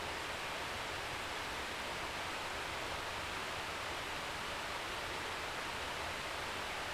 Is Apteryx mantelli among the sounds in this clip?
no